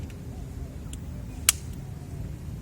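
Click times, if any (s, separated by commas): 1.5 s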